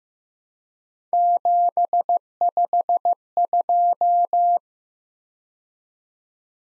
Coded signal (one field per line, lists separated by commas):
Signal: Morse code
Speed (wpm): 15 wpm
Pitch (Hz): 700 Hz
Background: none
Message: 752